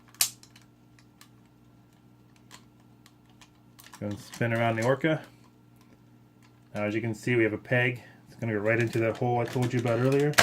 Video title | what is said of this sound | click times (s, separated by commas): Go-Onger DX Engine-Oh and Gunbir-Oh. Engines 1-6 review. Power Rangers RPM go onger | bring them all the way forward you snap into place | 0.2 s